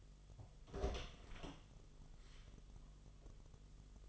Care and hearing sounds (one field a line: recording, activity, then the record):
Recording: daily activity, microphone in the room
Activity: open door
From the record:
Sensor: 4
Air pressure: 1005.8 hPa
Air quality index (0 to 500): 81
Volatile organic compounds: 2 ppm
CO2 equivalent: 995 ppm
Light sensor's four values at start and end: 14/31/12/11 and 13/29/11/11